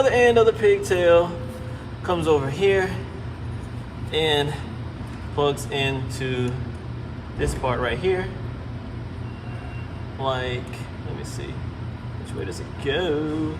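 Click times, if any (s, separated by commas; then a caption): none. A wiring pigtail connector from the canister end is held up to its mating socket on the canister/valve assembly and turned to find the right orientation before it is plugged in. Someone talks throughout over a steady low hum. Nothing has seated or clicked yet.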